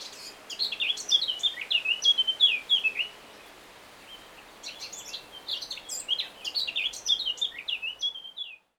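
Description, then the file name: Eurasian blackcap song in two bursts of fast, tumbling twittered notes, each phrase running about three to four seconds with a brief pause between. "Sylvia atricapilla"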